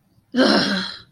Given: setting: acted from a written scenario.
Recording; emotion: vocal sound without words; anger